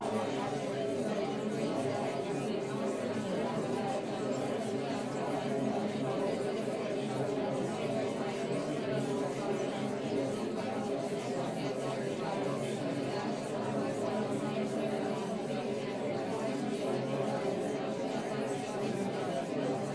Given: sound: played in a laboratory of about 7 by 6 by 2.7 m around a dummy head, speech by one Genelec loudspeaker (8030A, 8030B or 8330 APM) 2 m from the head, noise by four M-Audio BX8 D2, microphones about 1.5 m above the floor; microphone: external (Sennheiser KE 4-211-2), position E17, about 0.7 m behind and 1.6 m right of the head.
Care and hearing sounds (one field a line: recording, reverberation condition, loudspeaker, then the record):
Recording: babble noise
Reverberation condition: low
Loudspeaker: four, about 170 cm from the corners of the room and facing them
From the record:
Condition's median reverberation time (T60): about 310 ms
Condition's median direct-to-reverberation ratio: about 3.5 dB